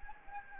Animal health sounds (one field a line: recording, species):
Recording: mosquito wingbeat signal from an infrared sensor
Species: Anopheles gambiae